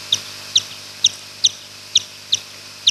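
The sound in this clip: Brown long-eared bat echolocation calls, slowed down: short bright pips with a higher overtone, repeated steadily, over faint hiss.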